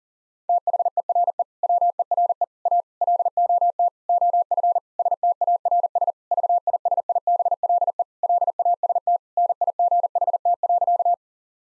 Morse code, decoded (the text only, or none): THERE WERE A LOT OF STARS VISIBLE LAST NIGHT.